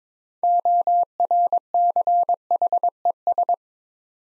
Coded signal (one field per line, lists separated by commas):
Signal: Morse code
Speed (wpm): 22 wpm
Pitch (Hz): 700 Hz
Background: none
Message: ORCHES